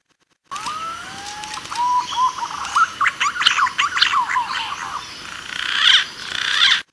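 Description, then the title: Green pigeon calling with drawn-out rising whistles, then a dense burst of quick warbling whistles and chirps, ending in brighter, higher whistled notes. Lure call used for trapping green pigeons. "Pikat Burung Punai"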